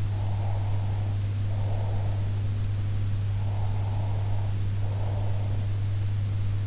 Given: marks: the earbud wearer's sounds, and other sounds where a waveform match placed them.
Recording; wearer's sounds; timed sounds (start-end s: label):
sounds in sleep by an in-ear microphone; breath
0.11-2.20 s: breath
3.28-5.60 s: breath